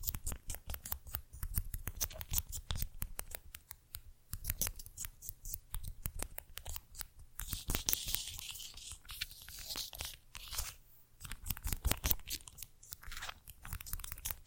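Small corks and tiny bottles are handled in quick, dense clusters of sharp clicks and crisp crunching taps, nearly continuous throughout. Around eight to ten seconds a brighter brushing hiss rises over the taps, with brief quieter gaps near four and eleven seconds.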